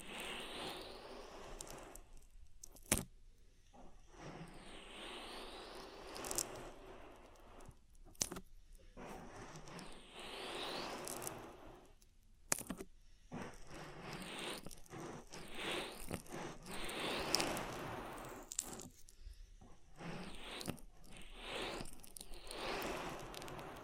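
Oily ear massage: dense, wet rubbing and squelching that swells and sweeps in bright swishes. Sharp little clicks punctuate the strokes, and the rubbing drops out briefly for near silence around 3, 8, 12 and 19 seconds before resuming.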